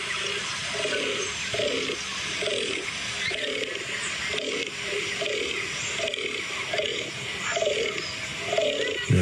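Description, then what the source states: Fallow deer groaning: a steady series of short, hoarse belching grunts over a continuous background hiss. Fallow deer rutting calls from a smartphone recording, played back.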